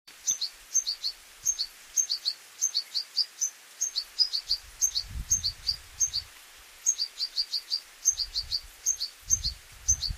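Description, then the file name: European goldfinch calls, high thin chirps in quick pairs and triplets repeated steadily throughout, with a faint low rumble now and then. "Carduelis carduelis"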